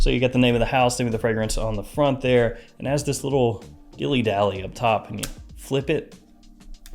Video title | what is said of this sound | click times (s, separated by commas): HUGE Fragrance Haul You Need To See! - Hidden Gem Bargain or Bust? | so you can spray the bottle and it locks into place. | 6.9 s